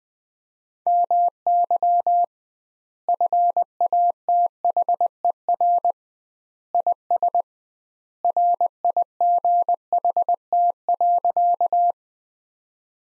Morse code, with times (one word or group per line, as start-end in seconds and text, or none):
0.9-2.2 MY
3.1-5.9 FATHER
6.7-7.4 IS
8.2-11.9 RIGHT.